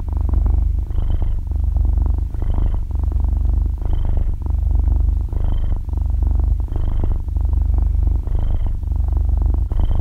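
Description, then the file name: Cat purring, a continuous low rumble pulsing with each breath, roughly every 1.4 seconds, with no other sounds. Cat breathing with a purring sound, described in Vietnamese as 'thở kêu rù rù'. "tieng meo tho keu ru ru"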